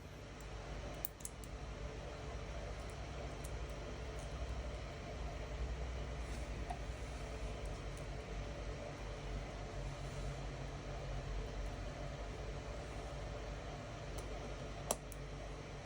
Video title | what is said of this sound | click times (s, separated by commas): 081 - Maintenance - DCC Fitting - Graham Farish Class 37 | and waiting to hear the click that confirmed they were back in place | 1.1 s, 14.9 s